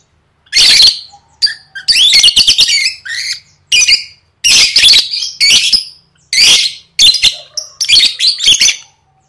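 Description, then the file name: Lovebird giving shrill, harsh squawks and chattering bursts in quick irregular runs, separated by short pauses, with no other clear sounds. "tieng vet mau don"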